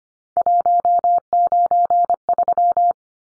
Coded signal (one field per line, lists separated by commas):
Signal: Morse code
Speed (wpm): 25 wpm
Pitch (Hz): 700 Hz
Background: none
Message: 193